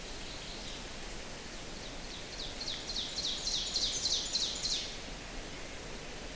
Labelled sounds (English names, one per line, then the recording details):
Ovenbird song
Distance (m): 50 m
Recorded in boreal forest in Alberta, Canada, on 6 June 2016 at 07:52
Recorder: SongMeter 3, array SBT-3-51
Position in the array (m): 228 m, 155 m
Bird 28